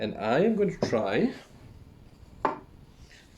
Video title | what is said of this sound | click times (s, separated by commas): Egg Mobile Playset with exclusive Sonic the Hedgehog & Dr Eggman Classic Figure Unboxing Part 2 of 2 | to attach this Hammer over here so why is this not clicking | none